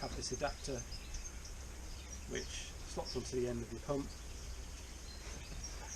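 A plastic adapter is slotted onto the end of a pump hose and positioned before being locked onto the valve, while someone talks over a steady low outdoor background hum with faint insect-like chirping. There are no distinct hits, and nothing has seated or clicked yet.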